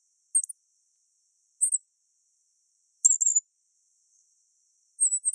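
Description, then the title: Black-masked finch producing piercing high-pitched tsip notes and short buzzy trills in four separate bursts, with near silence between them. "LuckyPassaro Completos2Sama. Black-masked Finch (Coryphaspiza melanotis)"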